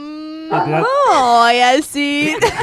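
A small dog in a video being played gives a string of high, whiny barks and drawn-out yelping cries, the pitch rising and bending, fairly loud and continuous for a few seconds with no talking.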